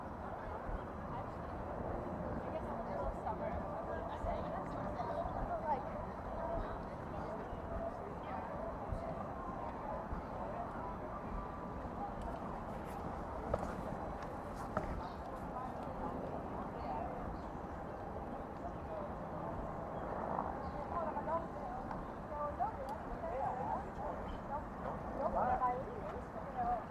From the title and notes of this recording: Counterclockwise around the White House. A stereo field recording from June 4, 2017 in Washington D.C. Sitting in Lafayette Square, near the North Lawn of White House.